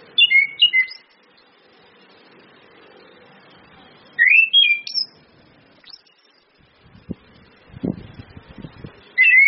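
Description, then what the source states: Orange-headed thrush song: short bursts of clear whistled and slurred notes, a phrase at the start, another near four seconds and again at the end, with soft low rustles between. Indonesian bird-training lure recording (pancingan, masteran) of ngeplong-style song plus female whistles (suitan betina), meant to make birds sing actively (gacor).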